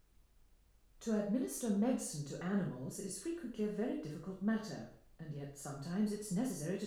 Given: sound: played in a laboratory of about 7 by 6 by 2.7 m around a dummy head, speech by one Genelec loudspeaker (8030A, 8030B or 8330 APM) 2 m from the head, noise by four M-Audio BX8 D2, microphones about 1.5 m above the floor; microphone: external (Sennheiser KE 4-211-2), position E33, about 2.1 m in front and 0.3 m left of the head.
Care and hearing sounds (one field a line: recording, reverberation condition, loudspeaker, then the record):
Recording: female speech in English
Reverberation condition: medium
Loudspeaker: 30 degrees to the right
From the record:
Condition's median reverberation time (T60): about 510 ms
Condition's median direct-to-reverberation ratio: about -0.5 dB